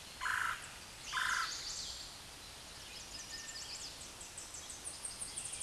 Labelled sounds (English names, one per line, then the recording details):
Chestnut-sided Warbler song
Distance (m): 35 m
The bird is about 10 m above the microphone
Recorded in a Pennsylvania forest on 16 May 2024 at 08:57
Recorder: AudioMoth, point MSD-2142
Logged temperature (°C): 16.7 °C
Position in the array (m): 19 m, 25 m